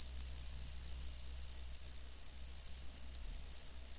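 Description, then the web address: Cicada drone without a break: a sharp high-pitched whine at one constant pitch and loudness. "The Ridges Sanctuary. cicadas"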